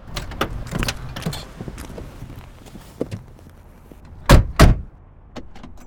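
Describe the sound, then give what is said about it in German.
Shuffling movement and light knocks as children climb into a car to drive home, followed by two loud, solid door slams in quick succession near the end. “Los, Kinder! Einsteigen. Wir fahren nach Hause.”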